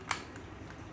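A fuel gauge needle from a Royal Enfield Himalayan speedo console, taken apart for cleaning and a vibration noise fix, is pressed all the way onto its gauge spindle. One sharp click at 0.1 s shows the needle seated, followed by two faint ticks around 0.4 s and 0.7 s over a low steady background hum.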